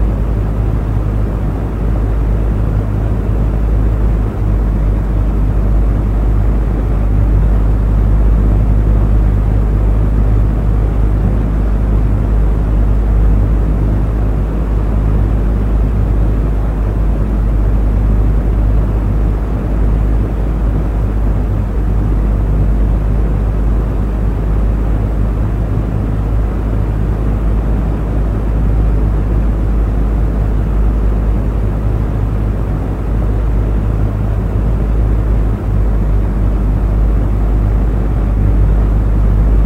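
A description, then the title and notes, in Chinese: An electric fan runs steadily in summer, giving a constant whooshing hum that never changes over the forty seconds. The sound is heavy in the low end, with a deep motor drone and faint lighter rushing air above it, even throughout. 深度放松的电扇风扇声。一小时夏季 电风扇 氛围白噪音。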